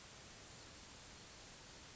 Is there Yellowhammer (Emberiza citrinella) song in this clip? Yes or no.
no